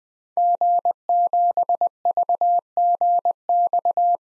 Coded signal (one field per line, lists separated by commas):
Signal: Morse code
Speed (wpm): 21 wpm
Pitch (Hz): 700 Hz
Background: none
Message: G7VGX